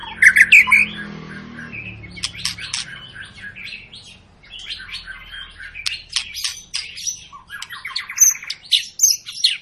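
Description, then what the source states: White-rumped shama song, a rapid jumble of harsh squawks, clicks and brief whistles, with a soft low hum underneath. Long, vigorous song of a white-rumped shama, used as a lure to make other birds sing.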